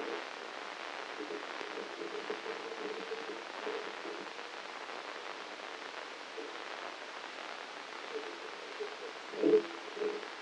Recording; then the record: brain microelectrode recording played as sound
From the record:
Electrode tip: inside the subthalamic nucleus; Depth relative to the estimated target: 2 mm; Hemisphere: left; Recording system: NeuroSet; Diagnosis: Parkinson's disease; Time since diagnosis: 9 years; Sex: male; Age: 56 years